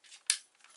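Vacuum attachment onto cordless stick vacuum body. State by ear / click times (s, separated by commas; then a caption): seated / 0.3 s. A plastic attachment is hooked directly onto the body of a Dyson Fluffy cordless stick vacuum. It gives one sharp, bright click at 0.3 s, followed by a few faint, soft ticks. The attachment clicks into place and is seated.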